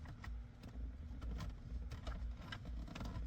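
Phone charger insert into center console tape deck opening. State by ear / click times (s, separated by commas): not seated / none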